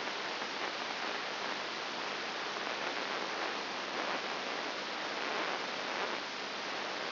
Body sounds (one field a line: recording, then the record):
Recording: brain microelectrode recording played as sound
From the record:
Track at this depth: inside the subthalamic nucleus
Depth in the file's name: 3.101 mm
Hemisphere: right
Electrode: 3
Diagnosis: Parkinson's disease